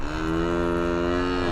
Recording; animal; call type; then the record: contact call of a hoofed animal; cattle; low-frequency (closed-mouth) or high-frequency (open-mouth) call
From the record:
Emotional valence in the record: negative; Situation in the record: full separation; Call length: 1.52 s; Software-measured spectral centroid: 1540 Hz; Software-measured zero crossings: 1160 a second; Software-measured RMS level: -24 dBFS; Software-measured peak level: -12 dBFS